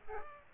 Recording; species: mosquito wingbeat signal from an infrared sensor; Aedes aegypti